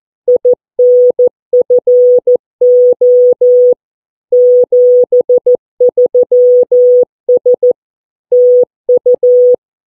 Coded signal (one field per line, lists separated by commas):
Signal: Morse code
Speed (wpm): 14 wpm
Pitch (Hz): 490 Hz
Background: none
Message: INFO 73S TU